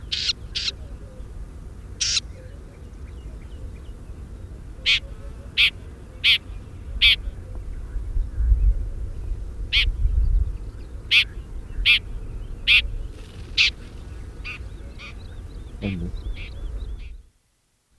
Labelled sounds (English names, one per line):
Red-backed Shrike call